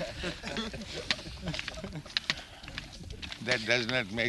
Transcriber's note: laughter